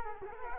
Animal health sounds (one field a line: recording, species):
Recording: mosquito wingbeat signal from an infrared sensor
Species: Culex quinquefasciatus